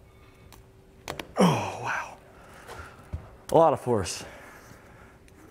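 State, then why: Seated. A fabric snap on a Bestop Supertop Collapsible Truck Bed Cover is forced onto a frame bar on a 2021 Ford F-250 Super Duty after a struggle, since it takes a lot of force. Two sharp snap pops at 1.1 s and 1.2 s mark the snap seating onto the bar, and someone talks before and after. All of the snaps end up in place.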